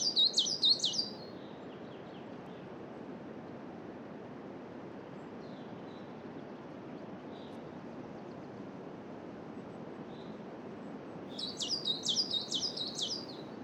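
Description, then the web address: Coal tit repeating high two-syllable notes in a short phrase, faint calls in the long gap, then another phrase, with wind rushing throughout. Spring, around noon, in a coniferous forest, with wind. "Justsoundeffects - Forest Ambiences BIRDSong Spring Noon Coniferous Forest Coal Tit Wind"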